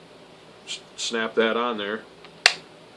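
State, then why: Seated. A Mora knife sheath is pushed into a swivel belt clip mounted for left-hand carry. Someone talks, then the plastic catch snaps home with a sharp click at 2.5 s, confirming the sheath is seated.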